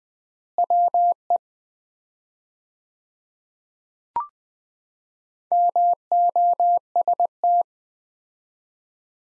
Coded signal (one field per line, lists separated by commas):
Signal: Morse code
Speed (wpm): 20 wpm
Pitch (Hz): 700 Hz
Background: none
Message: WE MOST